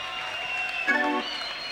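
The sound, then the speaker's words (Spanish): An audience claps for the musicians in a steady, dense wash of applause, with a brief voice or cheer rising through the middle before the clapping carries on evenly. “Por favor, entre todos vamos a darle un aplauso a los músicos que se zarpan, bueno.”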